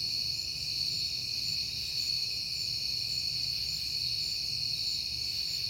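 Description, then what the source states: Continuous high cricket trilling from many insects, even and unbroken, with a soft low background rumble. Crickets at night in September, on a peaceful night.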